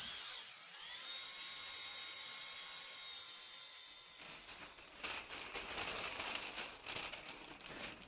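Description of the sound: A steady, piercing high-pitched whine of a dental drill runs for about four seconds, then gives way to rougher, hissing grinding noise. Sustained exposure to this high-frequency noise from drills (burs) and other noisy dental equipment may explain the significant hearing impairment seen in dentists, mainly at high frequencies.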